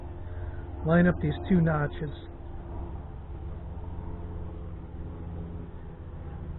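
On a Triumph Speed Four, a fuel injector and the fuel rail it goes into are turned to line up their notches before the retaining clip is slipped on. Someone talks briefly near the start, over a steady low hum, and the handling that follows is quiet. Nothing has seated or clicked yet.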